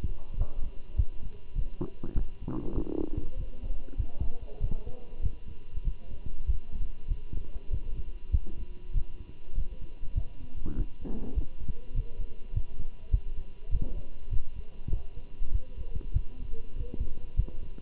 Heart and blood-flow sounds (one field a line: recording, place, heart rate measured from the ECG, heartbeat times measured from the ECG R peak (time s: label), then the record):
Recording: heart sounds by stethoscope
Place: between the tricuspid and mitral areas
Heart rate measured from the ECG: 99 bpm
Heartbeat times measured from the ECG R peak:
0.38 s: heartbeat
0.97 s: heartbeat
1.56 s: heartbeat
2.16 s: heartbeat
2.75 s: heartbeat
3.38 s: heartbeat
3.98 s: heartbeat
4.61 s: heartbeat
5.22 s: heartbeat
5.85 s: heartbeat
6.47 s: heartbeat
7.08 s: heartbeat
7.71 s: heartbeat
8.32 s: heartbeat
8.94 s: heartbeat
9.56 s: heartbeat
10.15 s: heartbeat
10.76 s: heartbeat
11.35 s: heartbeat
11.95 s: heartbeat
12.54 s: heartbeat
13.12 s: heartbeat
13.71 s: heartbeat
14.31 s: heartbeat
14.91 s: heartbeat
15.52 s: heartbeat
16.14 s: heartbeat
16.77 s: heartbeat
17.37 s: heartbeat
From the record:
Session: walking at 3.7 km/h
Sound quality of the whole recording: good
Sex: male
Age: 23 years